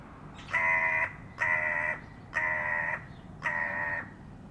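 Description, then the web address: Bird giving four harsh, nasal, buzzy calls, each about half a second long, spaced roughly a second apart. "Deverinetal 2025 File origin Bird Only"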